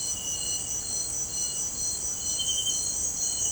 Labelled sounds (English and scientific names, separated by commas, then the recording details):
none
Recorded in dense forest near Puerto Asís, Putumayo, Colombia, on 19 March 2025 at 18:00
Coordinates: 0.481, -76.323
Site G088